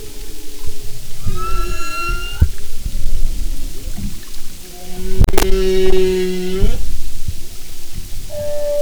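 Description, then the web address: Humpback whale song: a harmonic tonal call followed by a loud, long buzzy moan with stacked overtones ending in an upward sweep, plus sharp clicks and low rumble. "Sound and Marine Mammals humpback"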